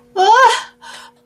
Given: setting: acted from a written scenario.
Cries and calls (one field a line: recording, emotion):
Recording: vocal sound without words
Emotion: fear